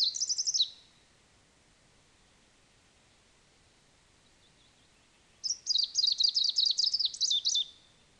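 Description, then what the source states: Greenish Warbler singing: the tail of one high, twittering phrase, several seconds of near silence, then another fast, squeaky phrase of about two seconds. Subspecies viridanus; songs.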